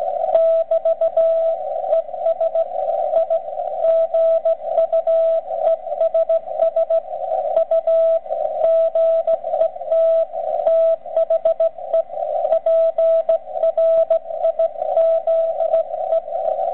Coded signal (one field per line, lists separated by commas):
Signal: Morse code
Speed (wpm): 16 wpm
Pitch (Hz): 660 Hz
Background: radio noise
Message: <BT>ES I GUESS U GET THE PRIZE